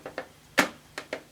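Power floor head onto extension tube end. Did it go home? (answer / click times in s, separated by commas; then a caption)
yes / 0.6 s. The motorised power floor head of a Vax Air Revolve Pet bagless vacuum cleaner is pushed onto the end of its extension tube and seats with one sharp, loud click at 0.6 s. Two softer clicks come before it, at about 0.1 and 0.2 s, and two more follow, at about 1.0 and 1.1 s.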